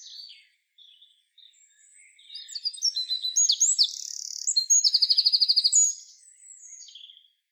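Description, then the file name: Eurasian wren song: a few soft notes, then a vigorous burst of high twittering phrases and a fast rattling trill over about four seconds. "Troglodytes troglodytes"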